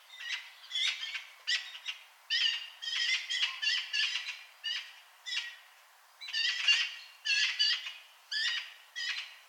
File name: Pica pica